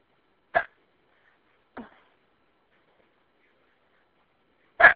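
Three abrupt, brief gulping sounds over five seconds, separated by silence: hiccups from an adult woman, heard over a telephone.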